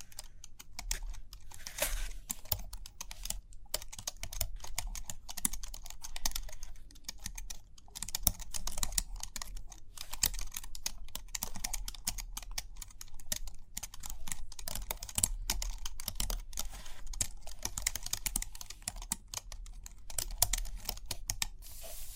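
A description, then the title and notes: Rapid, dense tapping and light clicking run through the whole clip, like fingers or a pen working quickly on a hard surface. The taps come close together in bursts with brief pauses around two and seven seconds. A low, steady rumble sits underneath. Page Turning and Tapping, Writing, Drawing.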